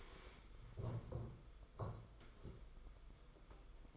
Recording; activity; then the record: daily activity, microphone in the room; stand up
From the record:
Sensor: 5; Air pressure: 990.7 hPa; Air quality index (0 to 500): 150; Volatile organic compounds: 163 ppm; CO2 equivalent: 4077 ppm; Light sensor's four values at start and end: 43/130/50/53 and 42/130/50/53